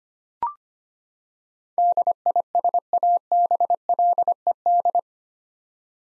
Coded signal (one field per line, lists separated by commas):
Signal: Morse code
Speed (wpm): 25 wpm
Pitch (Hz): 700 Hz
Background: none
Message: DISABLED